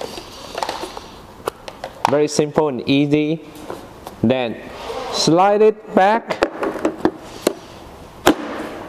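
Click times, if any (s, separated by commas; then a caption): 8.3 s. A battery pack is slid back into the battery slot of a 19 kg carbon fiber electric scooter and pushed down, with someone talking and a few scattered knocks and taps along the way. A sharp, loud click at 8.3 s marks the pack latching into place, and it is seated.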